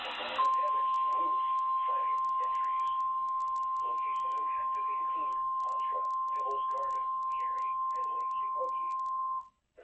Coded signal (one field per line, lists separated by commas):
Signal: Emergency Alert System (SAME) tones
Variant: 1050 Hz attention tone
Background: speech